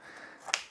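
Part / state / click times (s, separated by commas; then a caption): paper roll cover into card terminal printer housing / seated / 0.5 s. After a paper roll is loaded into the printer of a KMC-C600Q wireless card terminal, the plastic printer cover is pressed shut at its middle. After a quiet stretch, one sharp snap at 0.5 s shows the paper roll cover closing and seating firmly into the printer housing.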